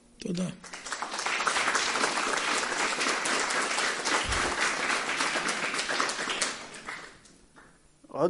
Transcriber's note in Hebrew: מחיאות כפיים